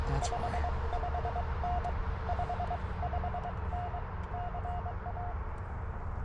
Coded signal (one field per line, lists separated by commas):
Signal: Morse code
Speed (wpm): 23 wpm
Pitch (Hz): 710 Hz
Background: speech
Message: 55N 55N CA